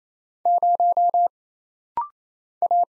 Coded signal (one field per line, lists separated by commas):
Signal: Morse code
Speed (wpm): 27 wpm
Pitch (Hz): 700 Hz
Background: none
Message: 0 A